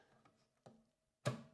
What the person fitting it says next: you can hear the click. Can you hear the click?